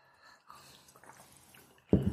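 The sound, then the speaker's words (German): Someone drinks water: faint, wet sipping and slurping sounds for a couple of seconds, ending in a short, louder gulp or exhaled breath. “Ah, das Wasser fließt heute. Bin nur am Drinken.”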